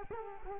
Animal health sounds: mosquito wingbeat signal from an infrared sensor; Culex quinquefasciatus

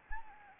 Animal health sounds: mosquito wingbeat signal from an infrared sensor; Anopheles gambiae

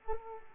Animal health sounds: mosquito wingbeat signal from an infrared sensor; Culex pipiens

